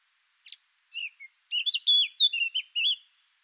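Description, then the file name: Eurasian blackcap song: a few short notes, then a rich run of clear, fluty whistled warbling phrases. "Sylvia atricapilla"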